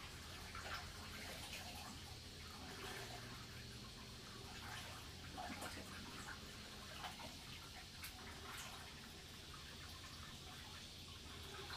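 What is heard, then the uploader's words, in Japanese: A washing machine runs while the garden is recorded, its steady low hum underneath a continuous rush and slosh of water. Short ticks and clicks scatter irregularly throughout, and a thin high whine holds at an even level for the whole twelve seconds. 洗濯機が止まるまで庭を録ってみた。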